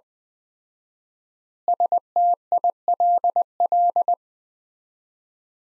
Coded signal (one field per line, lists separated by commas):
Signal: Morse code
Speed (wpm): 21 wpm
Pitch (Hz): 700 Hz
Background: none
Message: STILL